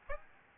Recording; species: mosquito wingbeat signal from an infrared sensor; Aedes albopictus